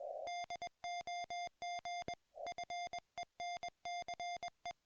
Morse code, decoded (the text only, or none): DOG FENCE